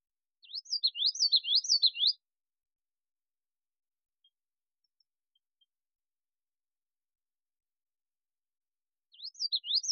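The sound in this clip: Yellowthroat singing a rapid wavy series of high slurred notes, then quiet for several seconds before the phrase starts again.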